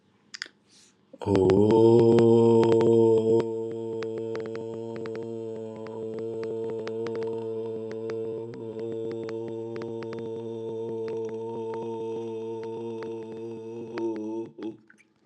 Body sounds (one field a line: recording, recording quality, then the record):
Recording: sustained vowel as in boot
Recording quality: excellent, no background noise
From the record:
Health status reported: healthy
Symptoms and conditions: none ticked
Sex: male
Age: 43 years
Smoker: not ticked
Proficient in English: yes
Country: India